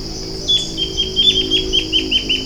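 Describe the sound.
Bird calls: a quick run of short, high chirps over a high insect drone and a low background hum.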